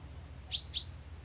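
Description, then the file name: Common chaffinch calls: two short, sharp metallic notes in quick succession, high-pitched, over a faint low hum. "Fringilla coelebs"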